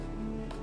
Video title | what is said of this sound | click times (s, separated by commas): How to change a lawn mower blade? // lawn mower maintenance | Ooh, that felt good. You heard that? Little snap. | 0.5 s